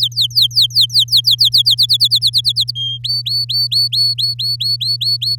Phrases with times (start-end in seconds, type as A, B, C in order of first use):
0.00-1.62 A, 1.65-2.71 B, 2.75-2.98 C, 3.04-5.36 D